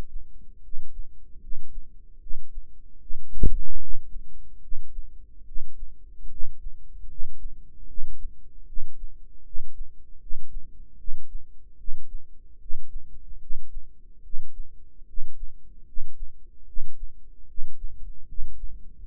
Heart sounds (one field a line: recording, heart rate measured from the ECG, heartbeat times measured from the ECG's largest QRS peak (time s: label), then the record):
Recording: heart sounds by microphone in the right ear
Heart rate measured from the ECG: 75 bpm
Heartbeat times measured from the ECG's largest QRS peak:
0.60 s: heartbeat
1.38 s: heartbeat
2.18 s: heartbeat
2.98 s: heartbeat
3.77 s: heartbeat
4.59 s: heartbeat
5.43 s: heartbeat
6.27 s: heartbeat
7.06 s: heartbeat
7.85 s: heartbeat
8.64 s: heartbeat
9.42 s: heartbeat
10.18 s: heartbeat
10.96 s: heartbeat
11.76 s: heartbeat
12.57 s: heartbeat
13.38 s: heartbeat
14.21 s: heartbeat
15.05 s: heartbeat
15.84 s: heartbeat
16.64 s: heartbeat
17.45 s: heartbeat
18.25 s: heartbeat
19.05 s: heartbeat
From the record:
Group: healthy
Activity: rest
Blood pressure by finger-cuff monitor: 105/61 mmHg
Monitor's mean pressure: 75 mmHg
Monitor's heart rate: 75 bpm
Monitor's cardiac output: 7.4 L/min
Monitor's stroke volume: 99 mL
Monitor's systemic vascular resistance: 720 dyn s/cm5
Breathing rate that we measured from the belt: 21 breaths a minute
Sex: male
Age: 35 years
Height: 180 cm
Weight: 86.9 kg